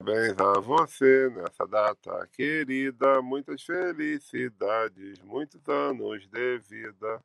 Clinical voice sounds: short text; Brazilian Portuguese; male; 40 to 49 years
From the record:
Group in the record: control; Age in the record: 46 years

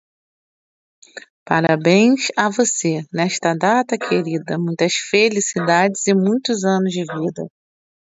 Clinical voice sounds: short text; Brazilian Portuguese; female; 40 to 49 years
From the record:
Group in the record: control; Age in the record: 42 years

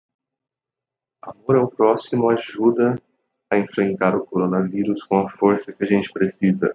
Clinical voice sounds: spoken sentence; Brazilian Portuguese; male; 20 to 29 years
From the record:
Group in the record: control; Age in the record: 27 years

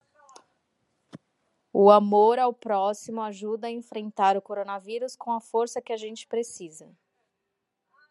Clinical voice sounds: spoken sentence; Brazilian Portuguese; female; 30 to 39 years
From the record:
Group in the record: control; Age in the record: 34 years

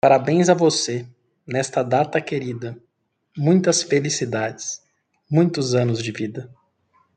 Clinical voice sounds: short text; Brazilian Portuguese; male; 30 to 39 years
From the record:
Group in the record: control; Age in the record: 36 years

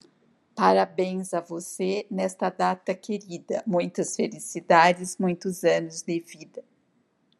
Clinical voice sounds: short text; Brazilian Portuguese; female; 60 to 69 years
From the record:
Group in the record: control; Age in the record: 60 years

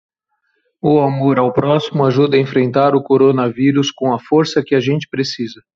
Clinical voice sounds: spoken sentence; Brazilian Portuguese; male; 50 to 59 years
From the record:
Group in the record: control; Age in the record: 52 years

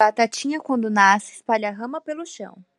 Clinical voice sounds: short text; Brazilian Portuguese; female; 20 to 29 years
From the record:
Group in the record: control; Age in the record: 22 years

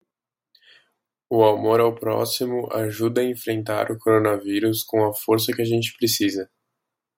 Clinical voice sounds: spoken sentence; Brazilian Portuguese; male; 20 to 29 years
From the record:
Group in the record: control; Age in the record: 20 years

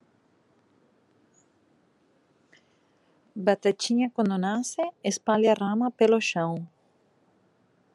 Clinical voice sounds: short text; Brazilian Portuguese; female; 50 to 59 years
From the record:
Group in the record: control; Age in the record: 50 years

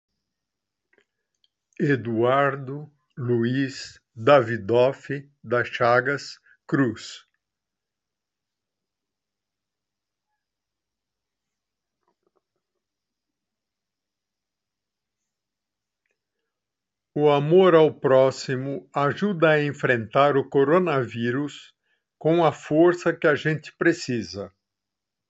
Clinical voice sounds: spoken sentence; Brazilian Portuguese; male; 70 to 79 years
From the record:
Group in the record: control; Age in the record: 76 years

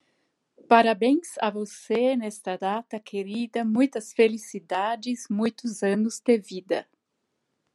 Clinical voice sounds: short text; Brazilian Portuguese; female; 50 to 59 years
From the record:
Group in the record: control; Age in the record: 52 years

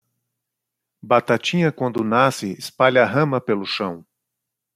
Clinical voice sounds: short text; Brazilian Portuguese; male; 40 to 49 years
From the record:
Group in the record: control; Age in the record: 46 years

